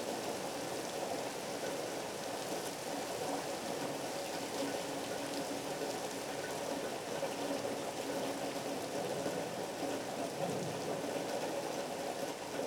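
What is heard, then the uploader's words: Rain and harbor water keep up a dense, steady wash with a faint low hum underneath, unchanging in level from start to finish. Martha's Vineyard Thunderstorm and Harbor Waves.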